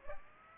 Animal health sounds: mosquito wingbeat signal from an infrared sensor; Aedes aegypti

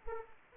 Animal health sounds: mosquito wingbeat signal from an infrared sensor; Anopheles arabiensis

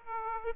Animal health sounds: mosquito wingbeat signal from an infrared sensor; Aedes aegypti

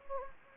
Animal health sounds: mosquito wingbeat signal from an infrared sensor; Anopheles gambiae

